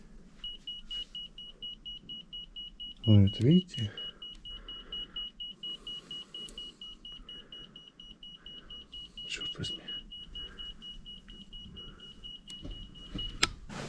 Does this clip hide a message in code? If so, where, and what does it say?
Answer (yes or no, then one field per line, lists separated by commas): no